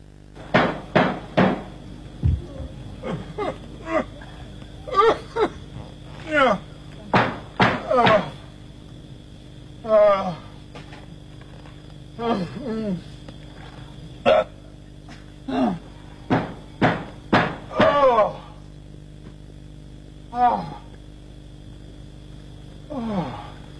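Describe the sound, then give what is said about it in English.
Knocking on a door: sharp wooden raps come in irregular bursts of two to four, some loud and some softer, with brief pauses between groups throughout. “Here's a knocking indeed.”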